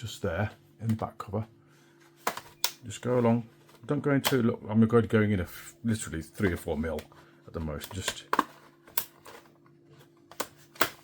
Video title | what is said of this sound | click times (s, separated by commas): HP 14 Battery Replacement - Full Step-by-Step Guide | hear those clicks? That's what you want to hear. | 9.0 s, 10.4 s, 10.8 s